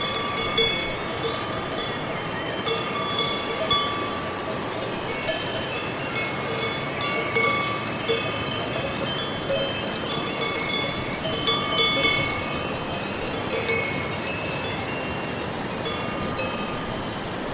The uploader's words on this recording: Farm in the Alps: Nature Soundscape with Cowbells. Relax among the clouds, surrounded by a beautiful natural landscape on an Alpine farm with the characteristic clink of cowbells.